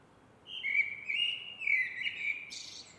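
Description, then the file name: Eurasian blackbird song: a mellow, warbled whistled phrase gliding over several notes, ending in a short high squeaky twitter, over faint background hiss. "MERLES"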